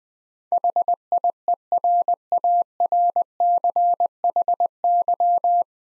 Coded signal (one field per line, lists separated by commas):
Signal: Morse code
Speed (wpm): 20 wpm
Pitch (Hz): 700 Hz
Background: none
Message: HIERARCHY